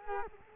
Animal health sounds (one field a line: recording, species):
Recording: mosquito wingbeat signal from an infrared sensor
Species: Culex quinquefasciatus